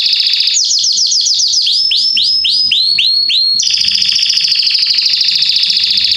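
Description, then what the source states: Belgian canary song, a fast series of sharp whistled notes that slows into longer upcurved notes, then a sustained buzzing trill. Male Belgian canary singing very strongly; used for training and warming up young birds.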